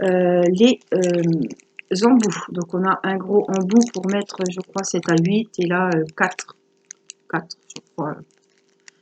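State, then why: Seated. A plastic multi-placer tip for a diamond painting drill pen is clipped onto another pen tip while someone talks. After the talking stops, a few faint ticks lead up to a sharp, short snap at 8.9 seconds as the tip clips on and seats.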